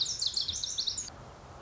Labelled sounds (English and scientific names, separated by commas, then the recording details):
Lazuli Bunting (Passerina amoena)
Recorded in Sonoma County, California